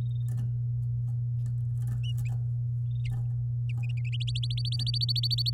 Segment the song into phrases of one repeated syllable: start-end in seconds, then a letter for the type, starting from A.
4.12-5.50 A